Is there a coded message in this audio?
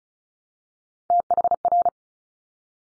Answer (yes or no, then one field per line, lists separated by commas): yes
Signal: Morse code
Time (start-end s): 1.1-1.9 s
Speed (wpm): 36 wpm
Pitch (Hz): 700 Hz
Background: none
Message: THR